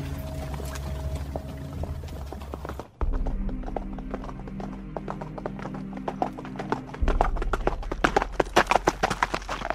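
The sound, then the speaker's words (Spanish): Horse hooves clip-clop in a steady, rhythmic clatter of sharp strikes over a low, continuous hum, the hoofbeats growing louder and more pronounced toward the end, as a horse is ridden through the bronze gates of the Red Keep. “Eddard Stark cruzó a caballo las imponentes puertas de bronce de la Fortaleza Roja.”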